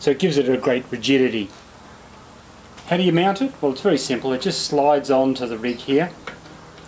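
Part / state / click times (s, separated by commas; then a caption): camera rig quick release plate into tripod head mount / not seated / none. Someone talks while a camera rig on its rail system, fitted with a quick release plate, is handled and slid toward a tripod head's quick release mount. The plate has not yet clicked into the mount; that click is what shows the rig is safely locked. Nothing has seated yet by the end of the clip.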